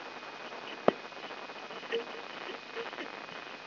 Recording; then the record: brain microelectrode recording played as sound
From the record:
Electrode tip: inside the subthalamic nucleus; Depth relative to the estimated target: 0 mm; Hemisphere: right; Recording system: AlphaMap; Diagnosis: Parkinson's disease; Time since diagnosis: 8 years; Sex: female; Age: 37 years